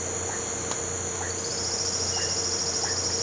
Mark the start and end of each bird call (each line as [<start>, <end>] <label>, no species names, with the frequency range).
[1.29, 3.23] bird call (4.1-5.8 kHz)